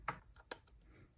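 A SIM card is pushed downward into the spring-loaded SIM slot of a GAGEUR 4G LTE PTZ solar security camera. Short, sharp clicks sound at 0.1, 0.4 and 0.5 s, followed by a fainter tick near 0.7 s over a quiet background. The SIM card clicks into place and is seated.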